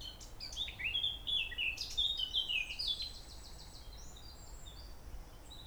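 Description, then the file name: Eurasian blackcap song: a quick, varied warbling phrase of high chirps and slurred whistles lasting about three seconds, followed by faint scattered high notes over steady low background noise. "Sylvia atricapilla"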